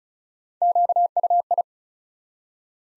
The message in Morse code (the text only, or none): QUI